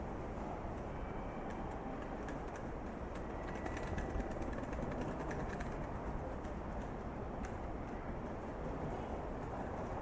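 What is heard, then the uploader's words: Trains rumble steadily, a dense low roar with metallic clicks and brief squeals scattered through, especially between two and seven seconds. TRAIN STATION IN JAPAN AMBIENCE.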